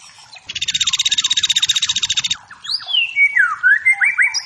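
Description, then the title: White-rumped shama song: a long harsh buzzy trill of rapid pulses lasting nearly two seconds, then clear whistles sliding down and up in quick succession. Wild forest white-rumped shama, used as training material for competition songbirds, meant to provoke and build fighting spirit in caged birds. "Masteran Murai. Murai Batu Hutan"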